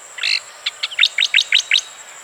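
Striated grassbird song: a brief buzzy opening note, then a quick string of rising, upslurred chirps repeated about seven times against a constant thin high tone.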